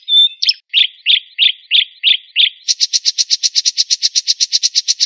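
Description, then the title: Oriental magpie-robin song: a clear whistled note and a few rough notes, then evenly spaced buzzy phrases, speeding into a fast, steady run of harsh pulses. "Kicau Kacer"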